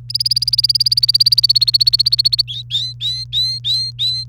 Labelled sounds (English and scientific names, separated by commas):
Domestic Canary (Serinus canaria) song